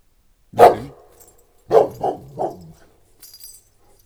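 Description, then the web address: Dog barking: one deep, loud bark, a pause of about a second, then three quick barks in a row, followed by a faint high rustle. St. Bernard and Moscow Watchdog mix, in a farmyard at a tourist lodge in Eger. "allathangok parasztudvar kutya bernathegyimoszkvaiorkutyakeverek egerturistahaz"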